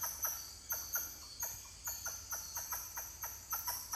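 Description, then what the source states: Titi monkey calls: distinct pulsed notes repeated in a rapid series, each with a sharp start, over a high insect buzz. More than one titi monkey calling.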